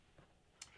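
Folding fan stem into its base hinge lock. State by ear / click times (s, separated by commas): seated / 0.6 s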